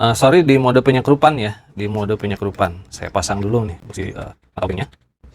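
Someone talks while fitting a bit into the one-hand locking chuck of a KYOAL KY6065 cordless drill, set to screw-driving mode ahead of a screw-driving test. Speech fills most of the clip, followed by a brief pause and a faint short sound at the very end. The bit has not seated or clicked yet.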